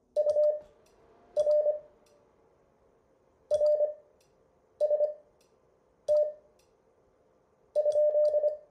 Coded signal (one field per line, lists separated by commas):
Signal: Morse code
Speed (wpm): 25 wpm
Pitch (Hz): 600 Hz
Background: none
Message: UR RST?